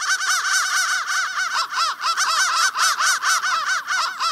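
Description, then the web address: Crow cawing, a steady stream of harsh, nasal caws repeated rapidly. "soundfactory crow 1"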